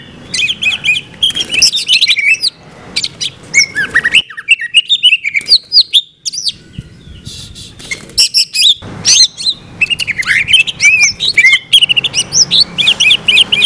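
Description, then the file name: Greater green leafbird song: rich, varied whistles and rapid chattering phrases, with steady low background hiss. Duet of two birds, a simulated song-contest recording. "audio simulasi lomba cucak hijau duet omkicau"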